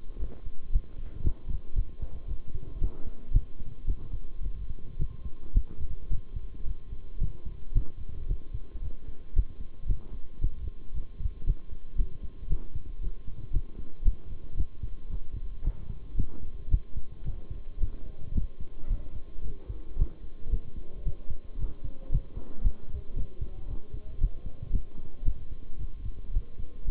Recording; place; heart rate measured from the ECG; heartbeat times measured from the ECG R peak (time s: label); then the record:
heart sounds by stethoscope; between the tricuspid and mitral areas; 112 bpm
0.19 s: heartbeat
0.72 s: heartbeat
1.23 s: heartbeat
1.75 s: heartbeat
2.28 s: heartbeat
2.80 s: heartbeat
3.33 s: heartbeat
3.87 s: heartbeat
4.43 s: heartbeat
4.99 s: heartbeat
5.54 s: heartbeat
6.10 s: heartbeat
6.66 s: heartbeat
7.20 s: heartbeat
7.74 s: heartbeat
8.28 s: heartbeat
8.82 s: heartbeat
9.35 s: heartbeat
9.88 s: heartbeat
10.41 s: heartbeat
10.94 s: heartbeat
11.46 s: heartbeat
11.98 s: heartbeat
12.49 s: heartbeat
13.01 s: heartbeat
13.53 s: heartbeat
14.04 s: heartbeat
14.57 s: heartbeat
15.10 s: heartbeat
15.64 s: heartbeat
16.17 s: heartbeat
16.71 s: heartbeat
17.24 s: heartbeat
17.80 s: heartbeat
18.34 s: heartbeat
18.89 s: heartbeat
19.44 s: heartbeat
19.98 s: heartbeat
20.51 s: heartbeat
21.05 s: heartbeat
21.59 s: heartbeat
22.11 s: heartbeat
22.63 s: heartbeat
23.16 s: heartbeat
23.68 s: heartbeat
24.20 s: heartbeat
24.72 s: heartbeat
25.25 s: heartbeat
25.79 s: heartbeat
26.33 s: heartbeat
26.87 s: heartbeat
From the record:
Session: bicycle stress test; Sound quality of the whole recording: good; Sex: male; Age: 23 years